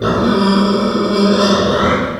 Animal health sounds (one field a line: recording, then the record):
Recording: squeal of a Yucatan mini pig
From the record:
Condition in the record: after surgery on the right vocal fold (resection and tissue-engineered implant)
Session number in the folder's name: 15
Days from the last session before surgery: 175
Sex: female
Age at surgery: 19 weeks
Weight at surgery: 25 kg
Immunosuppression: prednisolone